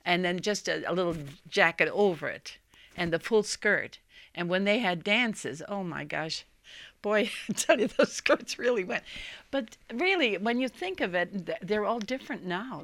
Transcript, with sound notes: And then just a little jacket over it, and the full skirt. And when they had dances, oh, my gosh. ( she laughs ) Boy, I'll tell you, those skirts really went. But really when you think of it, they're all different now.